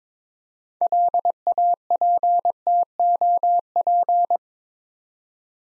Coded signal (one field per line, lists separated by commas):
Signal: Morse code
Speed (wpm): 22 wpm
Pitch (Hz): 700 Hz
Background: none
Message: LAPTOP